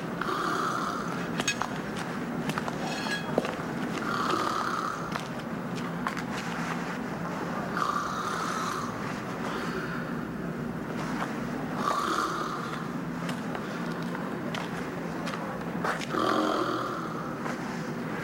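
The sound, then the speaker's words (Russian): A nanny asleep on a chair beside a bed snores in slow, steady rhythm, each rasping breath rising and fading about every four seconds over a constant low background hum, with no talking. “Рядом с кроватью на стуле храпит уснувшая няня мальчика.”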